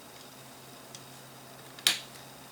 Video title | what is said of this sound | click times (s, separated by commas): LEGO 2023 Monkie Kid's Team Hideout 80044 Build 3 | snaps right in place you don't have to mess with it and | 1.9 s